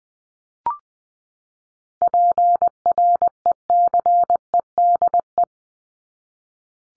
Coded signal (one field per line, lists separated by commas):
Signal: Morse code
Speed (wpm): 20 wpm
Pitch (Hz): 700 Hz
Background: none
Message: PRECEDE